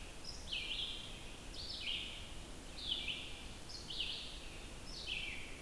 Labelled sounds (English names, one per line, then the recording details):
Red-eyed Vireo song
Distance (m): 70 m
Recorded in boreal forest in Alberta, Canada, on 14 June 2016 at 06:37
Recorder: SongMeter 3, array SBT-3-33
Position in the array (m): 154 m, 183 m